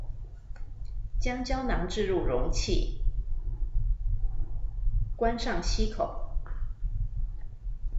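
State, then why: Seated. Someone talks as a capsule is placed in the chamber of a HandiHaler dry-powder inhaler and its plastic mouthpiece is closed onto the capsule chamber. The mouthpiece snaps shut with a short, sharp click at 6.5 s, seating it closed.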